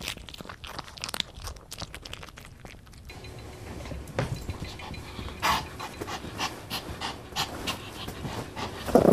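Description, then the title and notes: Dog panting and snuffling amid steady rustling of fabric, with occasional sharp knocks. Male dog eating from a metal bowl, then fighting with the blankets. "Eating from a metal bowl and then fighting with the blankets, he sounds like this."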